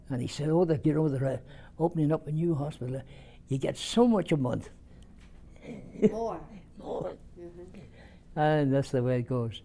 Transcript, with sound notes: and he said, "Oh, don't you know they're opening up a new hospital there, you get so much a month." [Laughs]
More?
More. And that's the way it goes.